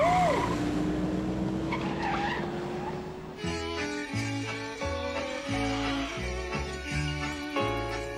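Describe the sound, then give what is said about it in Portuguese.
A car is started, its engine revving up as tires screech and skid for about three seconds, the tone sweeping upward, before loud rhythmic music with a steady beat takes over. “Eu já tô no carro. Valeu. Tô ligando essa máquina.”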